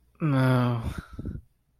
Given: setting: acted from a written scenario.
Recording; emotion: vocal sound without words; embarrassment